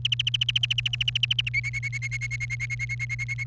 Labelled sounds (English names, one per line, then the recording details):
Domestic Canary song
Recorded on 1 May 2018 at 12:15
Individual llb3